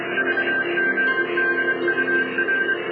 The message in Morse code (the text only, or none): VGDUR